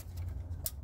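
A wiring harness connector is pushed onto the new transmission range sensor of a Ford 6R140 TorqShift truck transmission in a Super Duty. Over a steady low hum, a faint tap comes at about 0.2 seconds. A sharp click at 0.7 seconds confirms the connector has seated.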